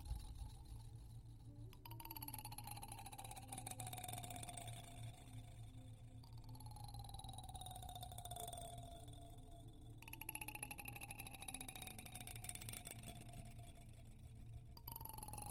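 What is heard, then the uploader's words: A comb scratches against a microphone, making dense crackling rasps in bursts at about 2–6 and 10–15 seconds. A steady low hum runs underneath, while whistling tones slide slowly downward, starting roughly every four seconds. The sound is constantly loud. Comb and Mic Scratching Sounds ASMR.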